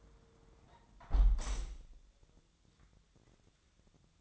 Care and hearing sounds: daily activity, microphone in the room; close window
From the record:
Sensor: 3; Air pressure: 999.7 hPa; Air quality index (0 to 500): 217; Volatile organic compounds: 75 ppm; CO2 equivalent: 3568 ppm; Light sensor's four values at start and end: 10/22/9/9 and 9/22/9/8

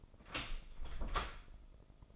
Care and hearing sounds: daily activity, microphone in the room; open door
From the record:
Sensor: 5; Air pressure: 996.2 hPa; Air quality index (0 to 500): 41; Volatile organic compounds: 1 ppm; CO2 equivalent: 648 ppm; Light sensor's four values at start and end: 42/99/41/43 and 42/99/41/43

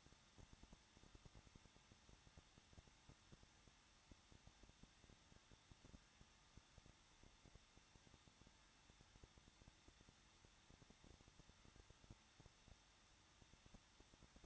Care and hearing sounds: daily activity, microphone in the room; no activity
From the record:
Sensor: 3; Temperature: 21.2 degrees Celsius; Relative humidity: 36.3%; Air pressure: 1006.2 hPa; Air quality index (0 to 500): 222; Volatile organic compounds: 41 ppm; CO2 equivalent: 3170 ppm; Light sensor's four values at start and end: 2/3/2/2 and 2/3/2/2

